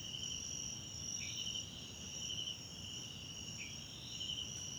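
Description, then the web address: Crickets in a steady high-pitched chorus with pulsing bursts and two short falling chirps over a low background hum. South African crickets, background ambience recorded at night in a wetland park at Kosi Forest Lodge, South Africa. "Tonschliff - SOUTH AFRICAN CRICKETS BG South Africa Wetland Park Kosi Forest Lodge Night"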